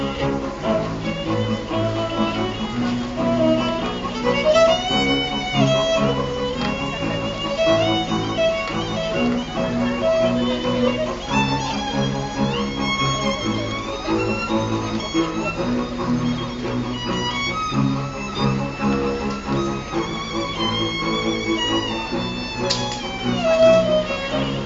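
Street noise in Avignon during the theatre festival: a dense, continuous murmur of many voices talking at once, with no pauses. Brighter bursts of louder speech or calls stand out around 5, 11 and 22 seconds over a steady low rumble.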